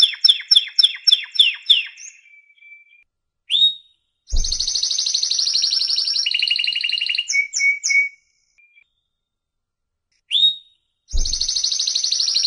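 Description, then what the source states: Canary song in bursts: a series of sharp repeated chirps, then long rolling trills shifting in pitch, a short silence, and another rolling trill starting near the end. Song of American Singer, Timbrado and Paduan canary breeds.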